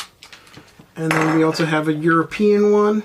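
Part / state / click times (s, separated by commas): interchangeable plug adapter into power adapter / seated / 0.2 s, 0.3 s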